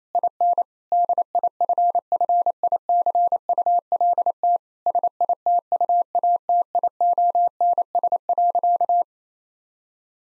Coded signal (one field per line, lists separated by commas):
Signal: Morse code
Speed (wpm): 28 wpm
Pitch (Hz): 700 Hz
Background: none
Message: IN DIFFICULT SITUATIONS.